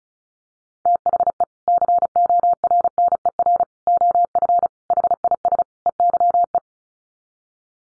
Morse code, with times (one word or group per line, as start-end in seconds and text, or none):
0.9-1.4 THE
1.7-3.6 CORNER
3.9-4.7 OF
4.9-5.6 HIS
5.9-6.6 EYE